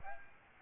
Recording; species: mosquito wingbeat signal from an infrared sensor; Aedes aegypti